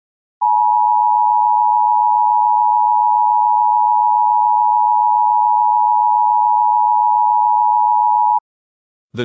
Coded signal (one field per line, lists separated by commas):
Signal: Emergency Alert System (SAME) tones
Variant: 853 and 960 Hz attention tone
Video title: EAS Mock: ℂ𝕠𝕟𝕔𝕖𝕡𝕥